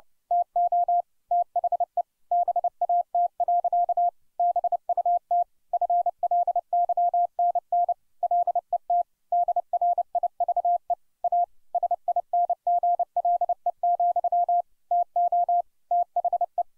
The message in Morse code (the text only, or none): TO THE BAT. BUT FLYNN LET DRIVE A SINGLE, TO THE